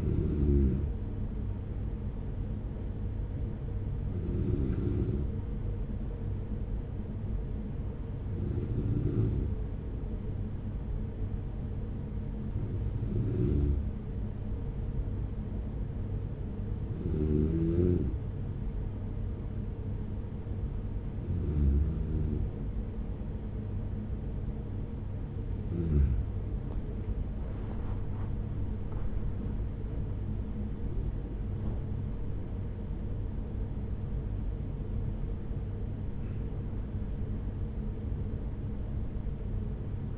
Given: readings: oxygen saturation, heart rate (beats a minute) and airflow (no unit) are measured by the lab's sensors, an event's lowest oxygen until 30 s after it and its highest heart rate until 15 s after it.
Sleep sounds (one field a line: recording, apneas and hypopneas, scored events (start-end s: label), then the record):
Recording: breathing in sleep by a smartphone at the bedside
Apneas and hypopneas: none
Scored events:
21.00-40.18 s: new sleep stage, awake
22.00-40.18 s: awake
From the record:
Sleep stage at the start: N1 (lightest sleep)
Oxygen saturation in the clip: 94 to 95%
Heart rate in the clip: 43 to 69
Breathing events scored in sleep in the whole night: 210 in 6.9 hours asleep